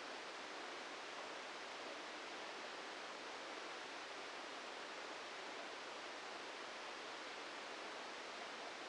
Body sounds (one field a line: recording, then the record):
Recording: brain microelectrode recording played as sound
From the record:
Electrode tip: inside the subthalamic nucleus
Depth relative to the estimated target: 1 mm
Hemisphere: left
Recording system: NeuroSet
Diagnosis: Parkinson's disease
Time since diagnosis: 14 years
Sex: male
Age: 51 years